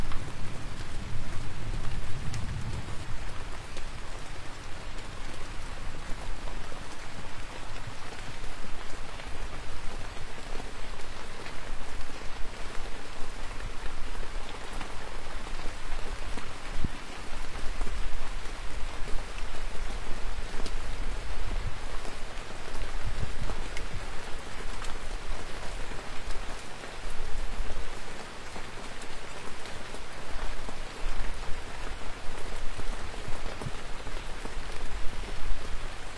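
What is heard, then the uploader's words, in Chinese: Heavy rain in a thunderstorm pours down steadily, a dense, hissing patter on surfaces that barely changes across the whole stretch. A deep low rumble swells in the first few seconds, with softer low thuds later around the middle and near the end. 雷雨交加、鸟兽绝迹。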